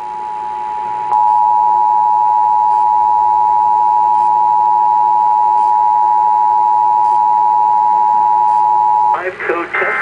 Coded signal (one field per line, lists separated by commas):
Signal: Emergency Alert System (SAME) tones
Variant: 853 and 960 Hz attention tone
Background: speech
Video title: November 9th 2011 Q13 Fox Seattle EAS test (EAS #1)